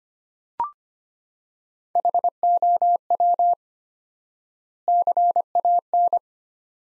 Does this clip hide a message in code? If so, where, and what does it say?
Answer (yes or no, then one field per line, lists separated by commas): yes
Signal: Morse code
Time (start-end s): 2.0-6.2 s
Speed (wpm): 25 wpm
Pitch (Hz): 700 Hz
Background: none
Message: HOW CAN